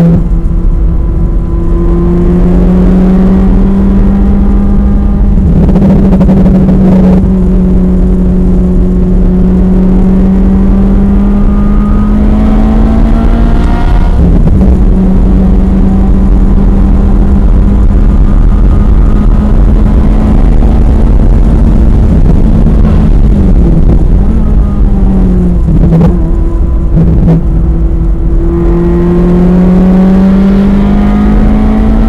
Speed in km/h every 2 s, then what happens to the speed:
97, 109, 108, 100, 105, 116, 132, 130, 138, 147, 153, 122, 87, 92, 105, 122.
0-2 speeds up to 109. 2-7 slows to 100. 7-19 speeds up to 153. 19-24 brakes to 87. 24-32 speeds up to 122.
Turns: 4-9, 24-28.